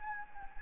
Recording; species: mosquito wingbeat signal from an infrared sensor; Anopheles gambiae